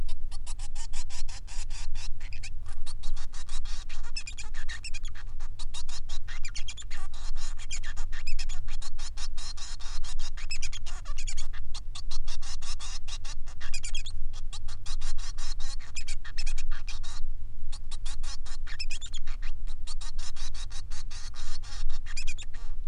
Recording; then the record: song of a male Bengalese finch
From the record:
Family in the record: son of father 3